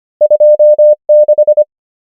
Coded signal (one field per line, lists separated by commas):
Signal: Morse code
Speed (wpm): 25 wpm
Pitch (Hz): 600 Hz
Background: none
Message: 2 6